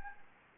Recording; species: mosquito wingbeat signal from an infrared sensor; Anopheles gambiae